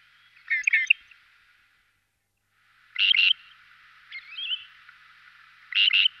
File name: averla maggiore